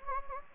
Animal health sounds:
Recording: mosquito wingbeat signal from an infrared sensor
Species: Anopheles gambiae

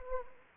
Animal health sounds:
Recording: mosquito wingbeat signal from an infrared sensor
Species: Anopheles arabiensis

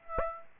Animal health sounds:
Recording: mosquito wingbeat signal from an infrared sensor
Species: Aedes albopictus

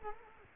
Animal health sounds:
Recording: mosquito wingbeat signal from an infrared sensor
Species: Culex quinquefasciatus

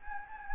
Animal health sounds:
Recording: mosquito wingbeat signal from an infrared sensor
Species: Anopheles gambiae

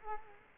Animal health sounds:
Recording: mosquito wingbeat signal from an infrared sensor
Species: Culex quinquefasciatus

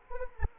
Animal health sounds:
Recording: mosquito wingbeat signal from an infrared sensor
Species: Anopheles arabiensis

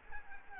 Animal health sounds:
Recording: mosquito wingbeat signal from an infrared sensor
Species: Aedes aegypti

